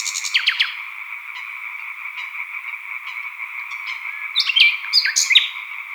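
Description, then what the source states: European tree frog chorus, a continuous rapid trilling hum, with scattered short bird notes and a burst of whistled nightingale phrases toward the end. Chorus of European tree frogs at Sattenay; dated 140418.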